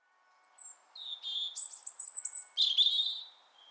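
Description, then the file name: European robin song: a thin high whistle, then a continuous phrase of loud, shimmering, rapidly modulated notes that trails off. "Erithacus rubecula"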